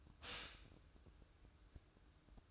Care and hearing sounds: daily activity, microphone in the room; stop toaster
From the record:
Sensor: 2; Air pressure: 1007.0 hPa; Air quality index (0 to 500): 38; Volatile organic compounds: 1 ppm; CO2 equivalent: 537 ppm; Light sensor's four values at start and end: 6/14/5/6 and 6/14/5/6

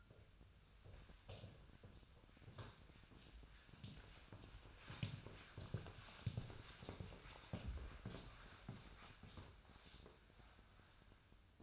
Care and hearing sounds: daily activity, microphone in the room; walk to room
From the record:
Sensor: 2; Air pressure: 1010.0 hPa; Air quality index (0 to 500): 171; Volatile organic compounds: 9 ppm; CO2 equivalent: 2142 ppm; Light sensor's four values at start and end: 34/84/36/41 and 34/85/36/41

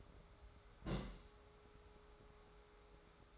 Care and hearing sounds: daily activity, microphone in the room; place on stove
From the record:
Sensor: 3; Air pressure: 1010.3 hPa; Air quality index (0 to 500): 167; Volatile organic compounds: 9 ppm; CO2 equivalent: 2185 ppm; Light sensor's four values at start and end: 50/123/54/60 and 50/123/54/60

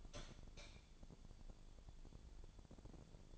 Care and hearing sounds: daily activity, microphone in the room; light on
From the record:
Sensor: 5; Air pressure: 1000.2 hPa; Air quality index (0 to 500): 103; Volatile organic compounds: 1 ppm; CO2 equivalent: 830 ppm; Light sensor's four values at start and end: 270/639/275/307 and 270/643/276/308

